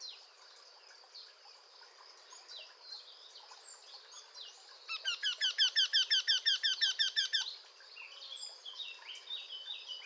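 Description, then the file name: Eurasian wryneck: midway burst of several loud, nasal repeated notes, set against chirps and twitters of other songbirds. "torcol"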